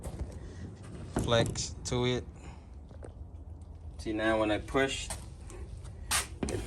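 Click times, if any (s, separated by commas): 6.4 s, 6.5 s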